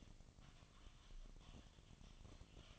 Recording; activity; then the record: daily activity, microphone in the room; typing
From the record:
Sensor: 4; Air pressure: 1000.0 hPa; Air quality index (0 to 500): 230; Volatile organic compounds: 30 ppm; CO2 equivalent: 2967 ppm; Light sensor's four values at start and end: 9/21/8/8 and 9/21/8/8